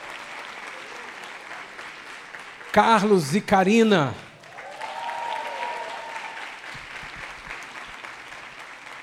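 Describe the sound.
A crowd claps steadily throughout, a dense wash of applause, while a loud voice speaks over it briefly in the middle and another voice talks afterward.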